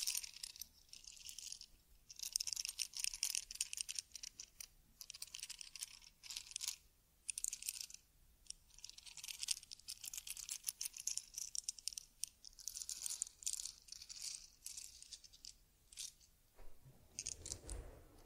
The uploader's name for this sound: Taking Care of Teddy Head Massage, Facial Cleansing, Fur Combing and Ear Cleaning